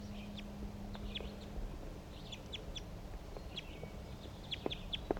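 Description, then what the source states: Crossbill calls, short sharp chips given singly and in small clusters, over low hum and rustling background noise. Wild crossbill, the same bird recorded earlier, near the net.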